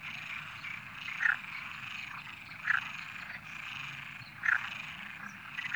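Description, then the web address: Frog chorus, a steady rasping drone with several louder individual croaks standing out at intervals. "Natures Songs. Frogs"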